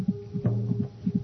The heart of a baby recorded inside a human body.